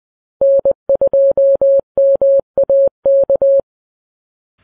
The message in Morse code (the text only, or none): N2MAK